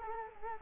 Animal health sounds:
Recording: mosquito wingbeat signal from an infrared sensor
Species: Culex quinquefasciatus

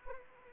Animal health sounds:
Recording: mosquito wingbeat signal from an infrared sensor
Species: Anopheles arabiensis

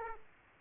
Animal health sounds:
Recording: mosquito wingbeat signal from an infrared sensor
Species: Aedes aegypti

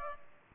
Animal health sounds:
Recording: mosquito wingbeat signal from an infrared sensor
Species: Culex pipiens

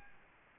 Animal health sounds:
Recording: mosquito wingbeat signal from an infrared sensor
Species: Aedes albopictus

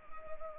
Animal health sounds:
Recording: mosquito wingbeat signal from an infrared sensor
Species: Anopheles arabiensis

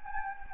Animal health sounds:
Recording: mosquito wingbeat signal from an infrared sensor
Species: Anopheles gambiae

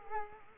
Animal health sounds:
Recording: mosquito wingbeat signal from an infrared sensor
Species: Culex quinquefasciatus

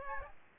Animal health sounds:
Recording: mosquito wingbeat signal from an infrared sensor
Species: Aedes aegypti

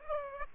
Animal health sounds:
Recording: mosquito wingbeat signal from an infrared sensor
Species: Aedes aegypti

